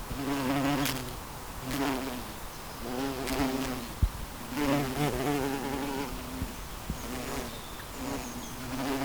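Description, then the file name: Bumblebee buzzing with a low droning hum that comes in repeated bursts, with a few short clicks between them. Bumblebees in a garden. "humlor i trädgården"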